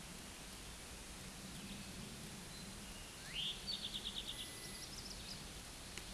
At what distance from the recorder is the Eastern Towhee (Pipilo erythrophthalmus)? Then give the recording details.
about 80 m. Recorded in a Pennsylvania forest on 17 May 2023 at 13:57. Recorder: AudioMoth, point grid1_34_low. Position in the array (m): 130 m, 120 m